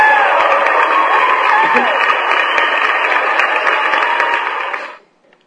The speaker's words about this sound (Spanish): Muchísimas gracias a nuestros amigos de la Conducef. Y los aplausos son...